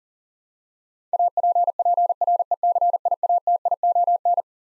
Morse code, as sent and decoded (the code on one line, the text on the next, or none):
.- .--. .--. .-. . -.-. .. .- - .. --- -.
APPRECIATION